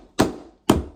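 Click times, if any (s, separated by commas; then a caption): none. A luxury vinyl floor plank is levered with a crowbar while its other side is tapped with a hammer to join its click-lock edge to the neighbouring plank. Two sharp hammer taps are heard at about 0.2 and 0.7 seconds, each decaying quickly. Nothing has seated or clicked into place yet.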